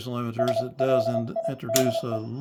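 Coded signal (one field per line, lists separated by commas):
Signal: Morse code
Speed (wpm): 28 wpm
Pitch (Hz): 690 Hz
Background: speech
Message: SLIDE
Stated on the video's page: Morse received on an HQ-110A receiver through a TMC GSB-1 SSB adapter.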